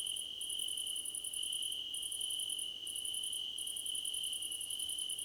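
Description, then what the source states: Crickets calling together, a constant shrill tone plus rapid, very high pulsed trills in bursts of about a second with short pauses between. Many crickets calling together, described as a choir competition.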